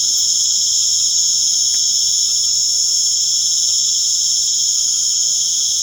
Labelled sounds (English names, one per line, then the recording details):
none
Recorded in pastures near Puerto Asís, Putumayo, Colombia, on 30 June 2025 at 19:00
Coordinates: 0.497, -76.327
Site G040